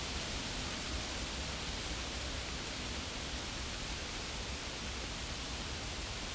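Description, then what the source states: Insects buzzing in a steady, very high-pitched drone that holds without a break for the whole stretch, over a faint low rumble. Insects in a field.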